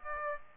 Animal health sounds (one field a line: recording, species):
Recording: mosquito wingbeat signal from an infrared sensor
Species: Aedes aegypti